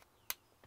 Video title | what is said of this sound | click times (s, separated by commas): How To Connect MC4 Connectors! | I heard the click and I think I'm gonna hear it again there | 0.3 s